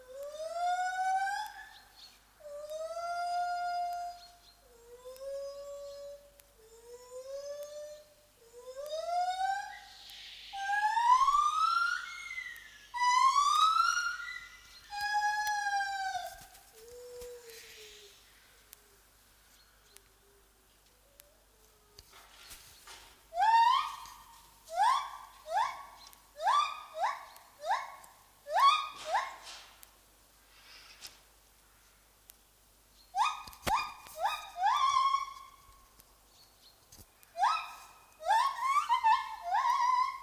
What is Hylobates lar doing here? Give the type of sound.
call